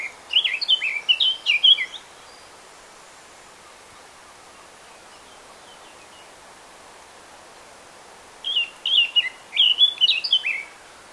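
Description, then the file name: Eurasian blackcap song, two bright warbled phrases about two seconds long, separated by a long quiet gap. "Sylvia atricapilla"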